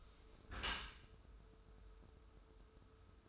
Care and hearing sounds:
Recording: daily activity, microphone in the room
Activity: close dishwasher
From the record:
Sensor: 2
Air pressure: 1014.9 hPa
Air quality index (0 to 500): 25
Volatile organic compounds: 0 ppm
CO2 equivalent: 501 ppm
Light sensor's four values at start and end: 10/23/9/10 and 10/23/9/10

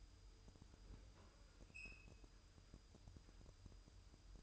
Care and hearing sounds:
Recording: daily activity, microphone in the room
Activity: open fridge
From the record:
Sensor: 2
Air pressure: 988.3 hPa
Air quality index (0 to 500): 193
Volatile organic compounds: 196 ppm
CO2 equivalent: 4199 ppm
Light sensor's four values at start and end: 21/72/28/26 and 21/72/28/26

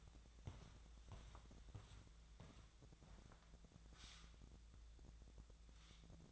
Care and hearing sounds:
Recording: daily activity, microphone in the room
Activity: walk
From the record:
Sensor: 3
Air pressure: 1012.2 hPa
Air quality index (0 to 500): 184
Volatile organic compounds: 3 ppm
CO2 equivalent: 1412 ppm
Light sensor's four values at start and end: 54/143/62/65 and 54/143/62/65

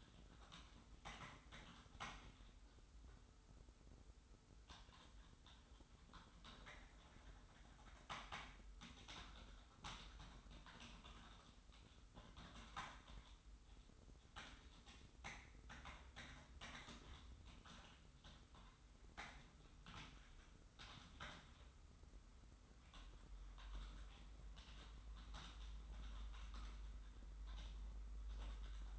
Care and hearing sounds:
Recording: daily activity, microphone in the room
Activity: typing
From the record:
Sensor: 3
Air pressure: 990.9 hPa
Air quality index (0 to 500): 139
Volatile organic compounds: 261 ppm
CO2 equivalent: 4388 ppm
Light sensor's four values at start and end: 37/90/36/35 and 37/90/36/35

